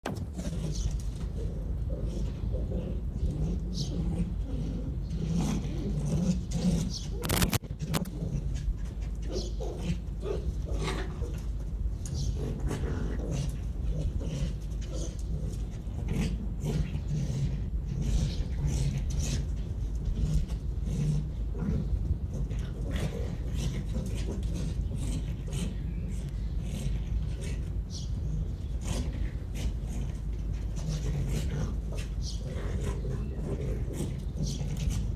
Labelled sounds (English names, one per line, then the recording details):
Arctic Fox
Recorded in captivity
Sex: pair
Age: adult
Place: Zoologisches Institut der HUB, Berlin, DE
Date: 1957-04-03 10:00
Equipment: Elmetra
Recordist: Tembrock, Günter